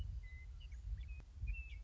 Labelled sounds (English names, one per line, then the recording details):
Western Meadowlark
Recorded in Sonoma County, California